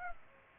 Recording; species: mosquito wingbeat signal from an infrared sensor; Culex pipiens